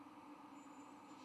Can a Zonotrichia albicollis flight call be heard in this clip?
no